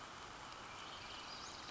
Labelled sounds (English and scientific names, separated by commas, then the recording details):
Western Flycatcher (Empidonax difficilis)
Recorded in Sonoma County, California